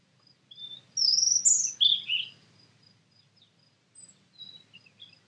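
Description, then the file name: European robin song: high thin whistles and rapid sliding trills, then a pause and softer scattered high notes. "Erithacus rubecula"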